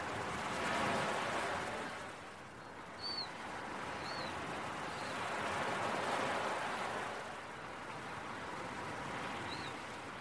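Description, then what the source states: Gull calls, three short arched high notes spaced about a second or more apart, over a steady roar of breaking waves that swells and fades. Seagulls calling with beach waves early in the morning.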